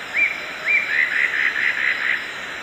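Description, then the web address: Spot-backed antshrike singing a quick series of about eight mellow whistled notes, the first ones slurred upward. A faint, steady high-pitched hiss continues behind them. Song recorded in the eastern lowlands of South America. "Natures Songs S America Eastern Lowlands. Megastictus margaritatus, song"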